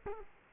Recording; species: mosquito wingbeat signal from an infrared sensor; Culex quinquefasciatus